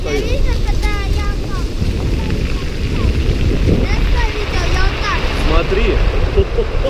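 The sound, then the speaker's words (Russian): Pacific Ocean surf pulls back over a pebble beach, a steady loud rushing roar threaded with dense, continuous clattering and clicking of stones tumbling in the backwash. “Это он камни тащит. Это Тихий океан обратно засасывает все просто.”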